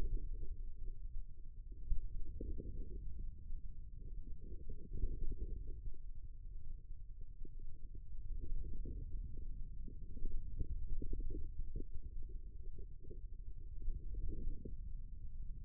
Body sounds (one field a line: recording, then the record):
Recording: forearm muscle sounds (acoustic myography)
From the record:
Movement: ulnar deviation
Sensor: system 2, bracelet of six BSWA MPA416 microphones around the upper forearm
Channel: 3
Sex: female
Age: 25 years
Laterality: right